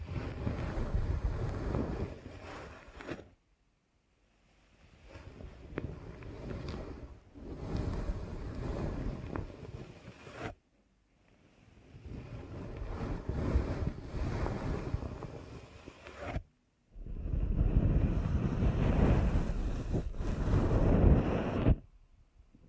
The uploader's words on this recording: ASMR Deep Ear Canal Massage for Sleep (No Talking).